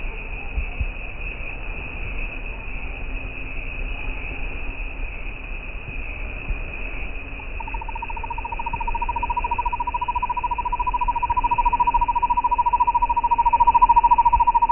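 Bird begins a fast, regular trill halfway through, swelling in loudness toward the end, over a constant high hum.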